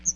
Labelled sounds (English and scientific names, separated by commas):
Chestnut-sided Warbler (Setophaga pensylvanica) flight call